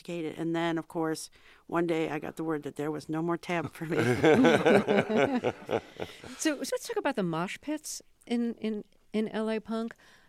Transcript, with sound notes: And then, of course, one day I got the word that there was no more tab for me.
(LAUGHTER)
So let's talk about the mosh pits in LA punk.